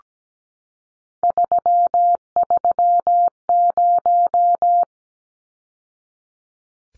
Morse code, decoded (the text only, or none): 330